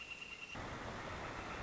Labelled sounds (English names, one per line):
Northern Flicker